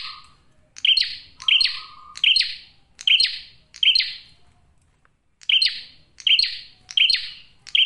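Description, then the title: Prinia song: sharp, bright chirps in quick doubled bursts about every two-thirds of a second, with a brief pause near the middle and a lower whistled tone twice early on. Male in full, clear, tight song on a tutor (masteran) recording; for trapping birds and for attracting females. "Masteran Duet Cililin Vs Kapas Tembak. PRENJAK JANTAN GACOR SUARA JERNIH, RAPET. " COCOK UNTUK PIKAT MAUPUN PANCINGAN BETINA ""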